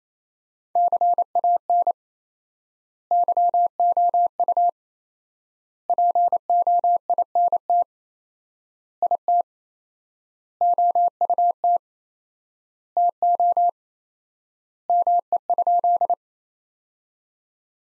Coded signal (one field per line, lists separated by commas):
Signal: Morse code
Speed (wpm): 28 wpm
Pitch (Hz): 700 Hz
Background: none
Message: CAN YOU POINT IT OUT TO ME?